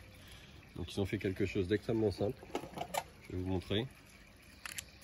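Someone talks while handling the new quick release (safety release) on a Naish Torque 2 kite control bar, with a few faint handling ticks near 2.8–3.0 s and a brief cluster around 4.7 s. The latch is only being handled and has not clicked home or seated yet.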